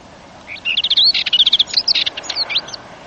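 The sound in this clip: Dartford warbler song: a rapid, scratchy warble of high chirping notes lasting about two seconds.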